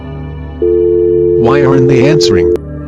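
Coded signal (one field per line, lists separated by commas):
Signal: telephone call progress tone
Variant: North America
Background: speech, music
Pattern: dial tone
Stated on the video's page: EAS SAME tones in an animated film based on a fictional EAS apocalypse scenario, a simulated alert.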